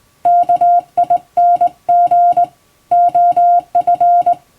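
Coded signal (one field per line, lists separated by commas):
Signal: Morse code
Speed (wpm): 19 wpm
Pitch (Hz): 700 Hz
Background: music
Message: KING OF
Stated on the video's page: Hand-sent Morse from an English-language telegram practice book, by a former first-class radiotelegraph operator, for practice.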